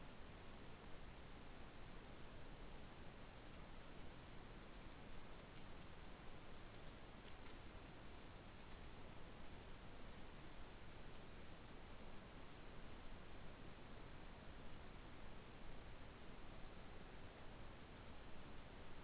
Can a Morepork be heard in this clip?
no